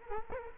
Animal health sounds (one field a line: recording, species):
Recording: mosquito wingbeat signal from an infrared sensor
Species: Culex quinquefasciatus